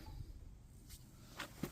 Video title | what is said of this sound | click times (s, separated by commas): AMAZING INVENTION! B&W Continuum Weight Distribution Hitch! Full Instalation! | You're simply going to put this in until you feel it pop into place like that. | 1.4 s